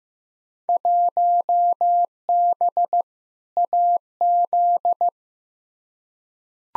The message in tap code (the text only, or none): none